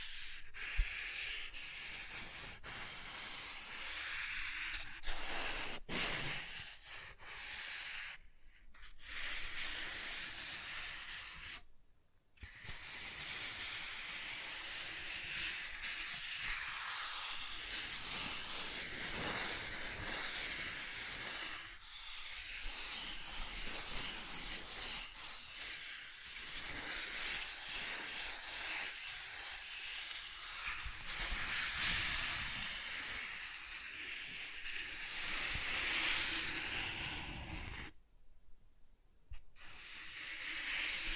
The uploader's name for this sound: Soft Tracing on Smooth and Rough Surfaces